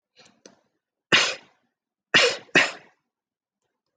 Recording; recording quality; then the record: heavy voluntary cough; excellent, no background noise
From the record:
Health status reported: healthy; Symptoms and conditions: breathing difficulty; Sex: male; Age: 18 years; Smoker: not ticked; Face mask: not worn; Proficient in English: yes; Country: India